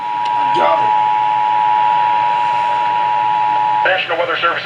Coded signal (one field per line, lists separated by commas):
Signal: Emergency Alert System (SAME) tones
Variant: 853 and 960 Hz attention tone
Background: speech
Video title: T' STORM ALERT HAS BEEN ISSUED FOR HARRIS CO. HGX MESSAGE EAS Alerts from 8/24/23 (EAS#470 & #483)